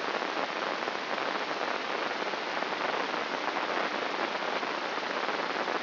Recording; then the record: brain microelectrode recording played as sound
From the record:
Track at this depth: outside the subthalamic nucleus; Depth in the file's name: 8.228 mm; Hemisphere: left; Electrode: 3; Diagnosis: Parkinson's disease